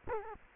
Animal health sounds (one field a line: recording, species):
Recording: mosquito wingbeat signal from an infrared sensor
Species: Culex quinquefasciatus